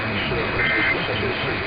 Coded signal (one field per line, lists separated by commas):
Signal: Emergency Alert System (SAME) tones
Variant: end-of-message bursts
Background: speech